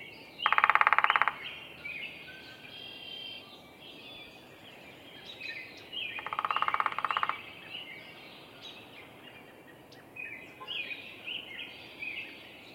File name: Picoides pubescens drumming Roberts Bird Sanctuary, Minnesota